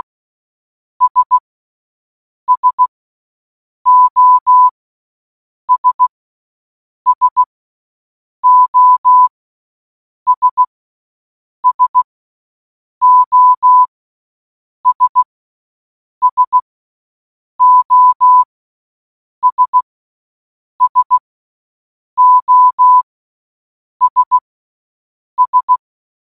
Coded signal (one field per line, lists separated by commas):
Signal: Morse code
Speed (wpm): 16 wpm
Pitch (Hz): 1000 Hz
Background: none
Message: S SOS SOS SOS SOS SOS S